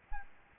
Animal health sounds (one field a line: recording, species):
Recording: mosquito wingbeat signal from an infrared sensor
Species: Aedes albopictus